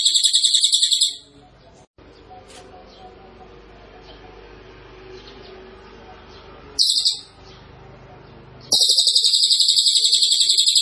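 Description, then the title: Small minivet song: very high, rapid trills with fast, even pulses at the start, briefly near seven seconds, and at the end, separated by stretches of low, muffled background noise. Cililin song used as a master track for training. "Cililin AMPUH"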